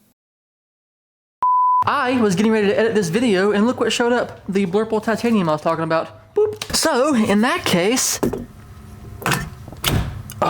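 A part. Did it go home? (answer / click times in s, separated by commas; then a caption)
yes / 9.3 s. A tone sounds at about 1.4 s, then someone talks until about 8 s. A steering wheel is snapped onto its metal quick-release hub in an Evo interior, giving a sharp click at 9.3 s. It seats with fainter ticks after it.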